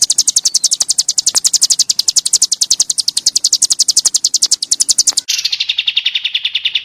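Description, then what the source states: White-eye song: fast, evenly pulsed high notes, with a sudden shift to a softer, lower twittering near the end. White-eye training song, bird in full song (gacor) with rapid bursts (tembakan).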